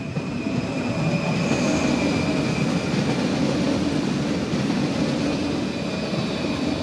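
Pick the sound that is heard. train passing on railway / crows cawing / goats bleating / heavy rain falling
train passing on railway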